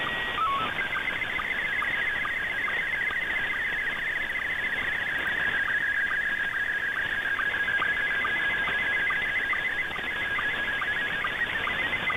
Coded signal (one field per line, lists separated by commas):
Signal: SSTV (slow-scan television)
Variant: Scottie 1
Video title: Recap of Pirate Radio Activity 2 September 2022